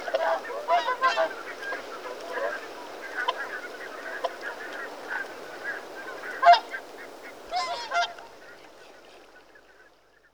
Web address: BBC Sound Effects Library. Mute Swan (Cygnus Olor) Calls